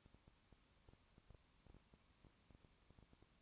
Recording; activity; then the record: daily activity, microphone in the room; no activity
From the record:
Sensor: 1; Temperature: 19.2 degrees Celsius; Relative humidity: 37.8%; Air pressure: 1001.1 hPa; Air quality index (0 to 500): 197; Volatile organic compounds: 7 ppm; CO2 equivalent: 1993 ppm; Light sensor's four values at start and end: 1/2/1/1 and 1/2/1/1